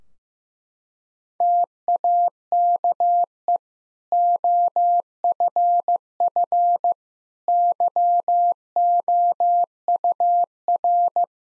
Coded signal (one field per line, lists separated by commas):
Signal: Morse code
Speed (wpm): 15 wpm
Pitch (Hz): 700 Hz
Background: none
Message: TAKE OFF YOUR